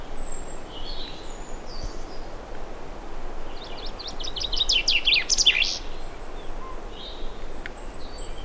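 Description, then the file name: Common chaffinch singing one fast, rattling phrase of sharp repeated notes ending in an emphatic flourish, over constant low hiss with a few faint bird chirps. "Fringilla coelebs"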